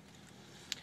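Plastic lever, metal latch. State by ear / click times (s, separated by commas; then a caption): seated / 0.7 s. After the tilt and telescope steering wheel of a 2013 Honda Accord is adjusted, the column release lever is pushed forward to lock the steering column in place. Against a low, steady background hiss, a single sharp, bright click sounds at 0.7 s, followed by a much fainter tick at 0.9 s. The lever locks, and the column is seated in place.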